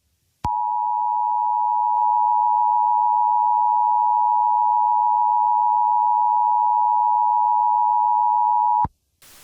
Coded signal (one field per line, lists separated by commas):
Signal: Emergency Alert System (SAME) tones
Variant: 853 and 960 Hz attention tone